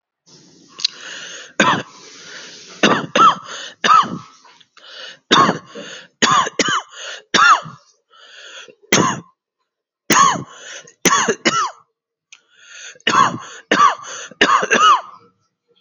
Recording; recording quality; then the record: heavy voluntary cough; excellent, no background noise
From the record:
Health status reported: healthy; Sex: male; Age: 36 years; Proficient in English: yes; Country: India